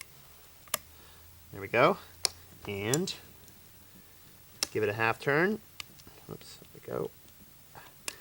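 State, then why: Seated. A second flathead half-turn fastener, on the other side, attaching a cleat/binding to a Dion snowshoe frame, is given a half turn after a brief fumble while someone talks. A sharp click at 8.1 s marks the fastener locking into place.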